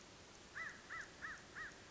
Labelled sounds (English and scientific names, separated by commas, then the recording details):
American Crow (Corvus brachyrhynchos)
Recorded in Sonoma County, California